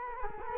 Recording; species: mosquito wingbeat signal from an infrared sensor; Culex quinquefasciatus